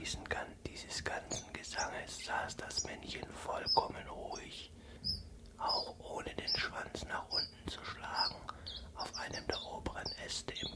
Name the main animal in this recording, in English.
Common Chiffchaff